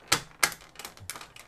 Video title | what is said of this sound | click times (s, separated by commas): Denon DCD-F101 "Compact" compact disc "CD" player. Drawer wont open. Very much in need of a service | it clicks into place now we'll go ahead and power the unit up if everything is well in the world | 0.1 s, 0.4 s